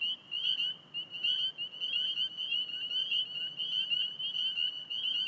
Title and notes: Spring Peepers calling despite their habitat having been recently mowed down (cattails, grasses). Traffic noises in background from Fort Hunt Rd. Alexandria, VA. Recorded 032717 at 8:06pm